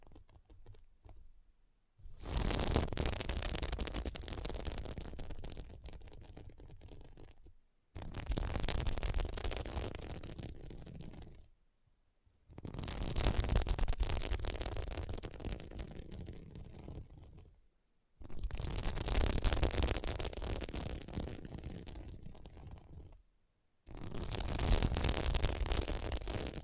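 Scratching on a sequin mermaid pillow comes in long strokes of dense, rough rustling, each lasting about four to six seconds. Brief silent gaps separate the strokes, near 2, 8, 12, 18 and 23 seconds. Each stroke stays fairly steady, full and bright throughout.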